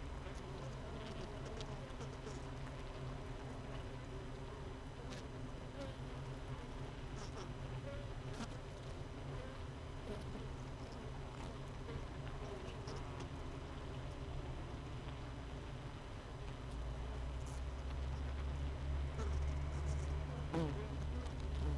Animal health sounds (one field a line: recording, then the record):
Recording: honeybee colony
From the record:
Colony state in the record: missing queen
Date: 31 May 2018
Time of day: 16:40